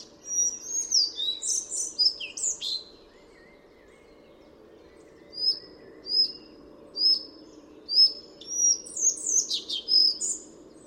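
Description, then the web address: Collared flycatcher song: a squeaky high phrase, a pause, then thin high notes about once a second building into another jumbled, chattering phrase. "chant didier collin gobemouche a collier"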